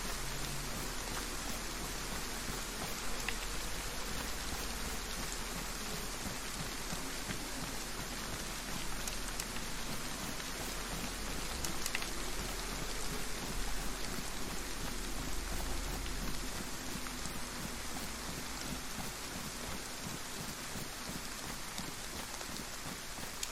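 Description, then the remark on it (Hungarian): Steady rain falls without letup, a dense, even hiss spread across the whole range with a faint low rumble underneath, holding at a constant moderate level with no voices. “Mennyire jó lenne, ha elállna az eső.”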